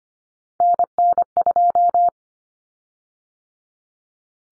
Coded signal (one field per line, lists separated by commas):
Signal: Morse code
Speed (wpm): 25 wpm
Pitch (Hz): 700 Hz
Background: none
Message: NN2